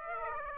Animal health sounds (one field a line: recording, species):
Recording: mosquito wingbeat signal from an infrared sensor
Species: Aedes aegypti